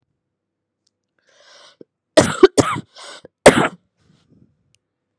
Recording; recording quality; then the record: heavy voluntary cough; excellent, no background noise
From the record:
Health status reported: COVID-19 positive, moderate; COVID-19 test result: positive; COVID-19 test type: RT-PCR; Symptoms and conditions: cough, cold, breathing difficulty, fever, muscle pain, loss of smell and taste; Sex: female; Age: 27 years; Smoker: no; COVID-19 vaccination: both doses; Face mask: not worn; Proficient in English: yes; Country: India